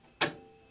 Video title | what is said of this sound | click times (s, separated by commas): Key Cutting with Diamond Drag: Beginner's Guide | stick it in there it just pops right in you can put in 22 of these bad boys | 0.2 s